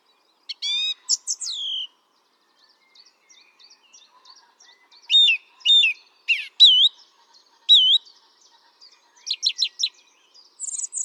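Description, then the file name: Song thrush song: varied phrases, soft twittering, then loud whistled notes, some repeated, ending with a fast high series. "Turdus philomelos"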